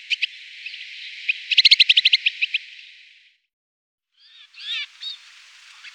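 Snowfinch calls: scattered high chirps building into a fast trill, silence, then a few slurred notes.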